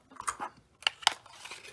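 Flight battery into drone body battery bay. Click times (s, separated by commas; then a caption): 0.9 s, 1.1 s. A flight battery is lined up and slid back into the rear bay of the plastic body of a Holystone HS360S foldable brushless-motor 249 g GPS drone, with a few light scraping taps around 0.2 to 0.4 s. Two sharp clicks follow at 0.9 s and 1.1 s as the battery locks into place, then a faint rustle.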